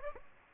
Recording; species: mosquito wingbeat signal from an infrared sensor; Aedes aegypti